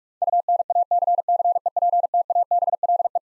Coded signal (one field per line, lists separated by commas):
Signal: Morse code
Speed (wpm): 41 wpm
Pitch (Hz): 700 Hz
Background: none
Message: UNACCEPTABLE